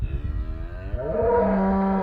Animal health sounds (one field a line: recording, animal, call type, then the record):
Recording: contact call of a hoofed animal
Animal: cattle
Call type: low-frequency (closed-mouth) or high-frequency (open-mouth) call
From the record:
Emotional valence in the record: negative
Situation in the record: full separation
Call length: 2.1 s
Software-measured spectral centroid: 790 Hz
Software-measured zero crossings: 690 a second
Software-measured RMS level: -23 dBFS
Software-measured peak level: -9 dBFS